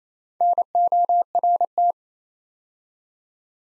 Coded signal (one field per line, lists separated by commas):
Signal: Morse code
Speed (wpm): 27 wpm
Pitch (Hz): 700 Hz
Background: none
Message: NORT